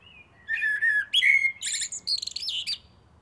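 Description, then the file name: Common blackbird gives one song phrase: a low whistled warble that climbs into a rapid, high, chattering flourish. "Turdus merula"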